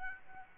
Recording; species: mosquito wingbeat signal from an infrared sensor; Aedes albopictus